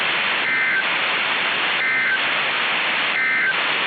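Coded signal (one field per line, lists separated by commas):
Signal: Emergency Alert System (SAME) tones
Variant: end-of-message bursts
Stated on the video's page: Requested mock EAS alert, a simulation containing SAME tones.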